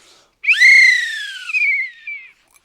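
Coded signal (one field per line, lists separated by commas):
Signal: whistle signal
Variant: Australian dogman crane signal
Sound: one long whistle, about two seconds, sliding down in pitch and fading out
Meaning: Rope down, lower the crane hook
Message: 1 long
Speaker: Now, me personally, I like to fade it out. I'm going to use the whistle for this one.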